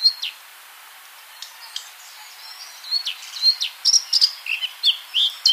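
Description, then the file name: Eurasian blackcap song: quiet scattered chirps at first, then a louder burst of varied whistled and twittering notes in the second half. "Sylvia atricapilla"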